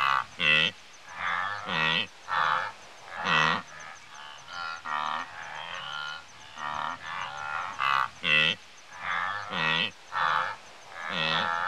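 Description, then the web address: Wildebeest grunts: loud nasal honks in short separate bursts at irregular intervals, with fainter grunts from other animals between them. Several grazing and grunting, Africa. "Sound Effects Library-30 (Africa- The Natural World) 28 WILDBEEST, Several grazing and grunting"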